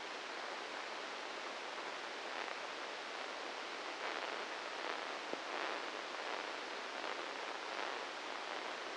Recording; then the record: brain microelectrode recording played as sound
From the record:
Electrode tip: inside the subthalamic nucleus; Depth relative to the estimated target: -1 mm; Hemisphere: right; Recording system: NeuroSet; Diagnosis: Parkinson's disease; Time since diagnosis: 10 years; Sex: male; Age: 56 years